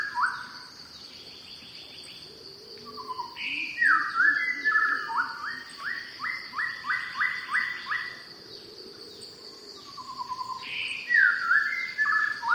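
Shama song: whistled phrases and a run of repeated notes, returning after a pause, over a steady high insect hum.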